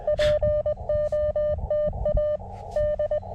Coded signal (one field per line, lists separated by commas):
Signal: Morse code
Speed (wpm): 21 wpm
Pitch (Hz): 600 Hz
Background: none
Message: POTA D